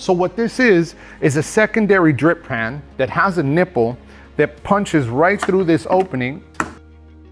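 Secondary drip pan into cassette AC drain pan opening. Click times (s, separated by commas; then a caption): 6.6 s. Someone talks while a plastic secondary drip pan with a drain nipple is pushed so the nipple punches through an opening in a cassette air conditioner's drain pan, so it can catch condensation dripping off the flare connection point and feed it back into the drain pan. A sharp click at 6.6 s marks the pan seating in place.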